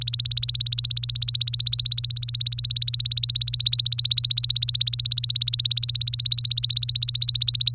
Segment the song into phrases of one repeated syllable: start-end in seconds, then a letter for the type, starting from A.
0.00-7.70 A